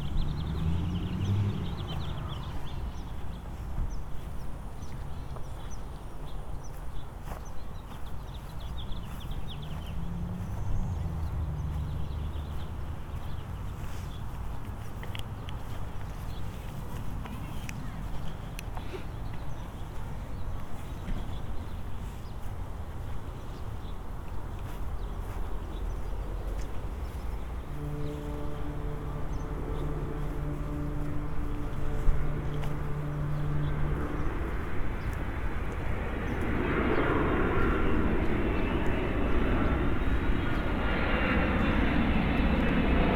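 A plane drones overhead through the whole recording, a low, steady rumble that swells louder in the last few seconds. Between roughly 28 and 35 seconds a slow pipe organ note holds, stacked and even, before fading back under the plane.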